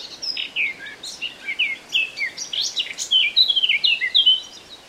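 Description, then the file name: Eurasian blackcap song: rapid scratchy warbling that turns into clear, flutelike descending phrases, sustained for nearly five seconds over faint background hiss. "Sylvia atricapilla"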